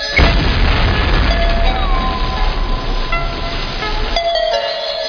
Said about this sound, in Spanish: Hace 13.700 millones de años, en una violenta y enceguecedora explosión, se inició la historia.